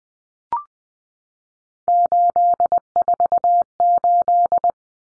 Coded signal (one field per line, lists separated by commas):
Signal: Morse code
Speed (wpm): 20 wpm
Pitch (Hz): 700 Hz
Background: none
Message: 848